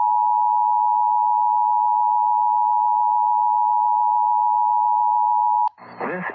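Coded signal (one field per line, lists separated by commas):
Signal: Emergency Alert System (SAME) tones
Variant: 853 and 960 Hz attention tone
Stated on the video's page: Tsunami communications drill and weekly tests.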